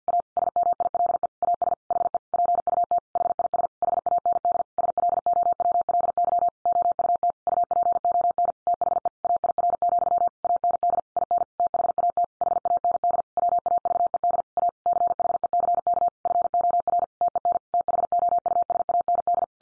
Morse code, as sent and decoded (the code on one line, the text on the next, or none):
.- / ... -- .. .-.. . / .- ... / .... . / .--. ..- - / .... .. ... / .... .- -. -.. / ... .-.. --- .-- .-.. -.-- / --- ..- - / ..- .--. --- -. / - .... . / .- .. .-. --..-- / .- -. -.. / .. -. / - .... .- - / .... .- -. -.. / .-- .- ...- . -.. / .- / -.-. .... . -.-. -.- / ..-. --- .-. / - . -. / - .... --- ..- ... .- -. -..
A SMILE AS HE PUT HIS HAND SLOWLY OUT UPON THE AIR, AND IN THAT HAND WAVED A CHECK FOR TEN THOUSAND